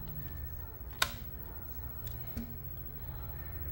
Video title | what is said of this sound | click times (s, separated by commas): Ps1 Game Jewel Case Replacing featuring Mr. Tight White | and I think oh there it there it goes hear a little snapping Noise | 1.0 s